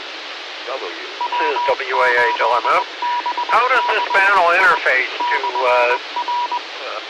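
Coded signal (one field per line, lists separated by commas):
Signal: Morse code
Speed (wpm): 21 wpm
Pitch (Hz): 970 Hz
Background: speech, radio noise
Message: W8BCI/R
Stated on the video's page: Live stream of amateur repeaters on 145.390 and 146.700.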